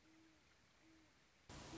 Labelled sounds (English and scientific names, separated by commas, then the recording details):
Great Horned Owl (Bubo virginianus)
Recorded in Sonoma County, California